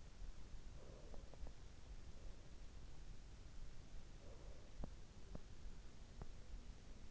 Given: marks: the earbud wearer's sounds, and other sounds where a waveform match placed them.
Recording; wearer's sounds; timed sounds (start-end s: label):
sounds in sleep by an in-ear microphone; breath
0.69-2.50 s: breath
4.09-5.08 s: breath